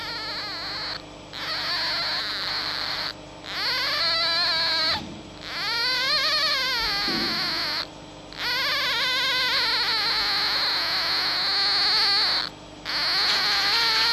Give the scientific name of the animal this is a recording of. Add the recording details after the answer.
Vulpes vulpes. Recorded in captivity. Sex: diverse. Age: diverse. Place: Zoologisches Institut der HUB, Berlin, DE. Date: 1956-04-26 13:40. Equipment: Elmetra. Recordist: Tembrock, Günter